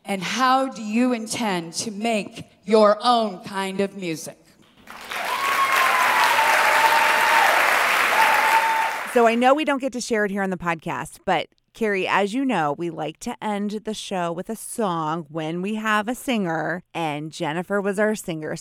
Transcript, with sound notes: And how do you intend to make your own kind of music?
(applause) So, I know we don't get to share it here on the podcast, but Kerry, as you know, we like to end the show with a song when we have a singer and Jennifer was our singer.